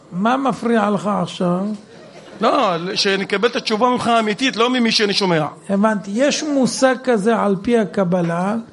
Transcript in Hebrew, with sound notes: הבנתי, מה מפריע לך עכשיו?
ש: (הקהל צוחק...) לא שאני אקבל את התשובה ממך אמיתי לא ממי שאני שומע
הרב: הבנתי, יש מושג כזה עפ''י הקבלה: